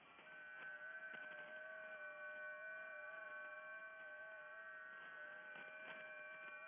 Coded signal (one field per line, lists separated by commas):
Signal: FT8